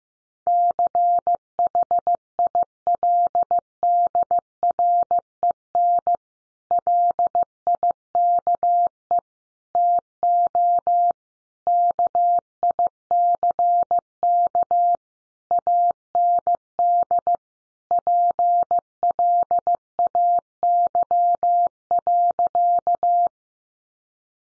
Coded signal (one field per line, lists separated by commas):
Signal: Morse code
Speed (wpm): 15 wpm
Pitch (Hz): 700 Hz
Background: none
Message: CHILDREN LIKE TO KICK AND PLAY.